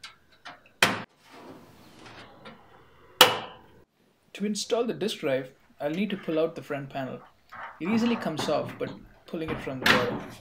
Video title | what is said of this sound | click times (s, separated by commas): How to build a video editing or gaming desktop PC - Tutorial | and press it on all four edges till it snaps to its place | 0.8 s, 3.2 s